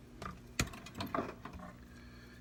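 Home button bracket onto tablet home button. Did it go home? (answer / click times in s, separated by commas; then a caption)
no / none. A small metal home-button bracket is pressed onto the back of the home button on an iPad Pro 10.5" screen, where a dimple on the bracket must line up exactly with a dimple on the button. Light, brief taps and scrapes of the parts sound over a quiet background, the sharpest one near 0.6 s. The bracket has not clicked into place yet.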